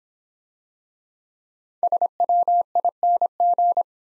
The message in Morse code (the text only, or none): SWING